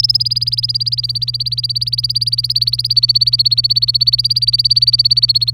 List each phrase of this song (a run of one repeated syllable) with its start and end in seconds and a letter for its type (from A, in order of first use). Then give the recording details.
0.00-5.54 A. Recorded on 27 April 2018 at 09:02. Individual llb3